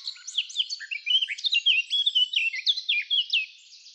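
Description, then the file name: Eurasian blackcap singing a dense, rapid warble of sweet slurred and chattering notes, steady and unbroken throughout. "Sylvia atricapilla"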